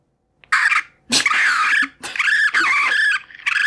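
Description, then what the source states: Raccoons fighting with harsh, screeching squeals and snarling cries in several loud bursts, each lasting about a third of a second to nearly a second. Raccoons fighting; played example.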